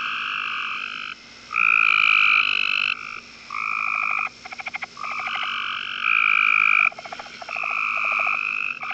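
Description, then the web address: Tree frog calls: sustained tonal notes at differing pitches, alternating with short rapid pulsed rattles. "Hylidae"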